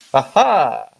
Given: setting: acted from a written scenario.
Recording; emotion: vocal sound without words; realization